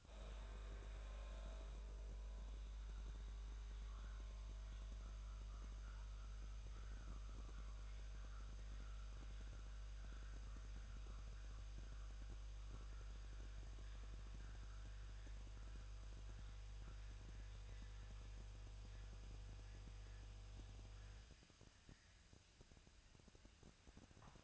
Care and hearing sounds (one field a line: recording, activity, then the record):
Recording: daily activity, microphone in the room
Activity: make coffee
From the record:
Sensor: 2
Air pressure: 1000.1 hPa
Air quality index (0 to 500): 142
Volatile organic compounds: 2 ppm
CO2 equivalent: 1209 ppm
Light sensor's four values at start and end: 25/62/27/29 and 25/62/27/29